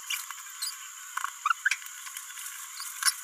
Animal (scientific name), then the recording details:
Forpus passerinus. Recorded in a nest box in Venezuela. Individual 18B17A4